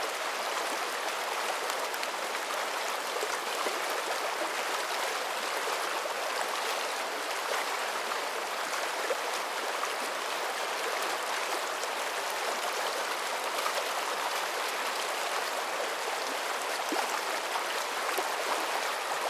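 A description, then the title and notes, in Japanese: A river flows steadily, a dense, even rush of water with a bright, hissing quality and little low rumble. The sound holds constant for the whole stretch, with only tiny splashes and trickles flickering within the wash. 川の流れ。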